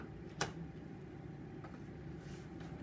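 A wheel is pushed back onto its axle mount on a stroller wagon, where wheels must go on the correct side to lock in. A sharp, bright click at 0.4 s marks the wheel locking onto the axle, followed by a fainter tap at 1.6 s over a low background hum. The wheel is seated.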